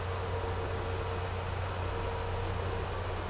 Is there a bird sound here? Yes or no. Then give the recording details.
no. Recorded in secondary vegetation near Puerto Asís, Putumayo, Colombia, on 4 March 2025 at 10:30. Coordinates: 0.468, -76.324. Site G059